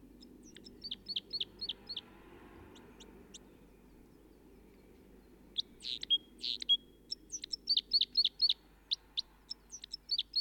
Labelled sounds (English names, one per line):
Red Crossbill song